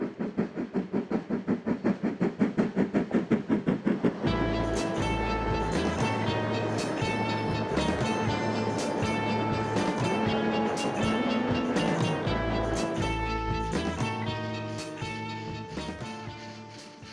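A steam locomotive hauling a train, opening with fast, regular chuffs for about four seconds. Then a louder, steady roar with sustained tones takes over, punctuated by sharp rhythmic clicks from the wheels, and slowly fades as the train passes.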